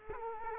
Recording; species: mosquito wingbeat signal from an infrared sensor; Culex quinquefasciatus